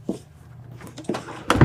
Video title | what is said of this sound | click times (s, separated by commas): Cojali Jaltest Agriculture & Off-Highway Kit Unboxing | and then to install, slide it in, and then shut the door until it clicks. | 1.5 s